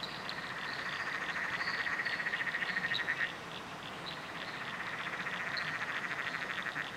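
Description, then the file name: Chorus of frogs giving rapid pulsed trills that swell and fade, overlapping higher chirps above. Several frogs calling in chorus at night under a bridge, Royal National Park. "nocturnal frog chorus under a bridge royal national park"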